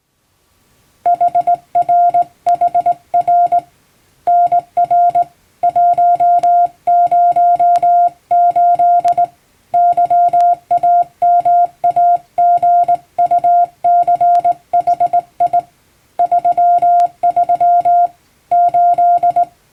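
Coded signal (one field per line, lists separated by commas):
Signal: Morse code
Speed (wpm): 19 wpm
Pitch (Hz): 700 Hz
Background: music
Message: HRHR NR 108 YAMAGUCHI 33 8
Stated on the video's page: Hand-keyed plain-language Morse practice for amateur radio reception, sent by a first-class radiotelegraph operator using a telegram practice book.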